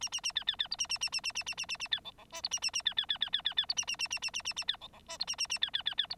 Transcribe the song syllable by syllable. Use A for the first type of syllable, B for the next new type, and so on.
A A A B B B C A A A A A A A A A A B D D E C A A A B B B B B B B C A A A A A A A A B D D E C A A A B B B B C